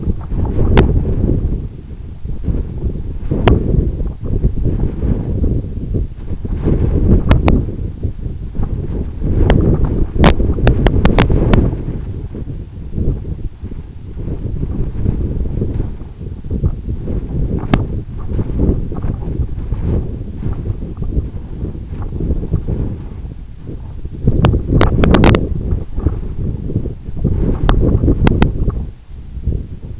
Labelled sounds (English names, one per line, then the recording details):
none
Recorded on Arctic tundra, site EABA-1, on 26 June 2018
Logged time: 04:00